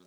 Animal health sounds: pig call; piglet (1 to 25 days)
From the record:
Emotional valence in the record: positive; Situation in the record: short reunion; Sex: female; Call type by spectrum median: low-frequency call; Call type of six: low-frequency tonal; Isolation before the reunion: 3 minutes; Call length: 0.07 s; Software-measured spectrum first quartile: 306 Hz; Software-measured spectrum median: 801 Hz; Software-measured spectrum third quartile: 3743 Hz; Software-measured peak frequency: 365 Hz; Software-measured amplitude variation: 39 dB a second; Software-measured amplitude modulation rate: 6.7 a second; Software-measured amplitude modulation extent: 5.8 dB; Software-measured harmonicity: 3.7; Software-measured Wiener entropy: -2.29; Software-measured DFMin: 1037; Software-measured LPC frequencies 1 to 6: 388, 1294, 2318, 3456, 3849, 5681 Hz

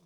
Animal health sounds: pig call; piglet (1 to 25 days)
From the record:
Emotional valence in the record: positive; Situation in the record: reunion after long isolation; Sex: male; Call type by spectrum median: low-frequency call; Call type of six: low-frequency tonal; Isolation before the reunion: 8 minutes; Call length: 0.06 s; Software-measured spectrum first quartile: 196 Hz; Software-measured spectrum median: 564 Hz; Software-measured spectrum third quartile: 3435 Hz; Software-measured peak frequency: 167 Hz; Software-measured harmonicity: 9.4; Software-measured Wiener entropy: -3.00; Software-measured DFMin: 832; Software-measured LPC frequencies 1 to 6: 980, 2379, 3520, 5108, 5954, 6848 Hz

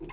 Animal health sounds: pig call; weaner (32 to 43 days)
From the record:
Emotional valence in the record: negative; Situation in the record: long isolation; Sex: female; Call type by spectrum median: low-frequency call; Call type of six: high-frequency modulated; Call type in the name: high-frequency modulated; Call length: 0.12 s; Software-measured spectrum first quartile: 265 Hz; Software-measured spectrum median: 587 Hz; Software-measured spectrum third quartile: 2189 Hz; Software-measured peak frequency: 341 Hz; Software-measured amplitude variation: 94 dB a second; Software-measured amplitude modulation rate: 16.2 a second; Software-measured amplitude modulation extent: 5.8 dB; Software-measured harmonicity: 4.3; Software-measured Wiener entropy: -3.21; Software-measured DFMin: 761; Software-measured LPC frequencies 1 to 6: 349, 1034, 2086, 2647, 3605, 4276 Hz

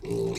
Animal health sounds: pig call; weaner (32 to 43 days)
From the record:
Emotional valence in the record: negative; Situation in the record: short isolation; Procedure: open field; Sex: female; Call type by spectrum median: low-frequency call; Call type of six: mixed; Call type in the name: high-frequency modulated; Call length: 0.38 s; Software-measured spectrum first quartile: 300 Hz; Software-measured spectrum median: 432 Hz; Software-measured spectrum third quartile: 1401 Hz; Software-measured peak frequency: 399 Hz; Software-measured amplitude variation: 123 dB a second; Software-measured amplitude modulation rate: 28.8 a second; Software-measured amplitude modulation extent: 4.3 dB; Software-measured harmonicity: 3.5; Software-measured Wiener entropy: -2.57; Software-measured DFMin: 1663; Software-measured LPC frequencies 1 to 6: 393, 2245, 2514, 3826, 4251, 5376 Hz

